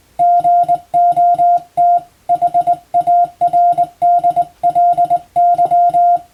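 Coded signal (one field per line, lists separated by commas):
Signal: Morse code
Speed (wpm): 21 wpm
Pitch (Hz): 700 Hz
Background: music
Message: GOT HARDLY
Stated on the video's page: Morse practice for the Japanese radiotelegraph operator exam, recorded on the amateur bands.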